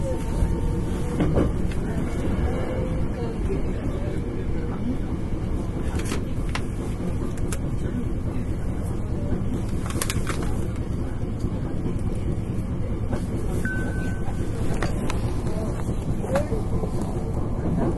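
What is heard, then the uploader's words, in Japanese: A 9300 series express train runs along the Kyoto Line, filling the clip with a steady, dense low rumble and rattle of wheels on rails. Sharp clicks and knocks cut through now and then, notably around six, ten and fifteen seconds, with a faint brief tone near fourteen seconds. 阪急電鉄 9300系電車の走行音です。京都線の特急列車にて収録しました。From Kawaramachi (Kyoto) to Umeda (Osaka)。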